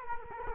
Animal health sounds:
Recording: mosquito wingbeat signal from an infrared sensor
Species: Culex quinquefasciatus

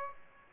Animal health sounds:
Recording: mosquito wingbeat signal from an infrared sensor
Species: Aedes aegypti

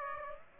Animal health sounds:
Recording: mosquito wingbeat signal from an infrared sensor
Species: Aedes aegypti

